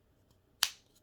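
On a Toyota GR Supra key fob, after the battery swap, the plastic back hatch is slid back onto the fob body until it locks. One sharp, loud snap is heard at 0.6 s, with only faint ticks around it. The cover is seated and locked shut.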